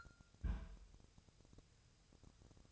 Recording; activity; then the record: daily activity, microphone in the room; place on stove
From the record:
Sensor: 2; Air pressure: 999.3 hPa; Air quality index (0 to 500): 194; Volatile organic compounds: 26 ppm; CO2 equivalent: 2869 ppm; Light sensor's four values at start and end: 6/15/6/6 and 6/15/6/6